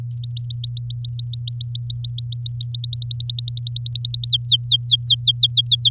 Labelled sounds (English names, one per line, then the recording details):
Domestic Canary song
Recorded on 8 May 2018 at 19:44
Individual llb16